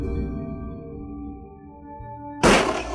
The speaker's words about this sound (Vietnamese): Dứt câu hắn nổ súng, một viên đạn bắn thẳng vào cánh tay của bác Toàn